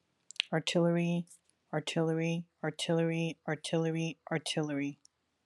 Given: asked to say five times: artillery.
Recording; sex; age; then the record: repeated word; female; 20 to 29 years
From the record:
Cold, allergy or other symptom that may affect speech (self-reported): yes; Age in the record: 28 years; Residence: California, United States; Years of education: 13